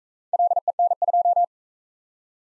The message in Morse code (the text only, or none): LEN2